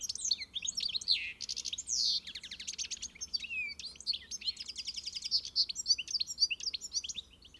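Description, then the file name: European goldfinch twittering continuously with liquid chirps broken by short buzzy trills, a long jangling sequence of high notes throughout. "Carduelis carduelis"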